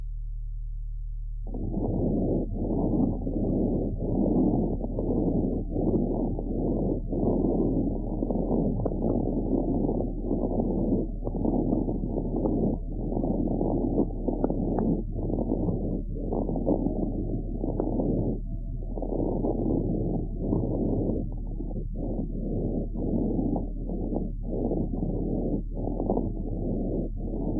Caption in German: Chronischer Bronchitis mit Lungenemphysem wird zuweilen das fauchende Giemen und Rasseln von einem Knistergeräusch überlagert.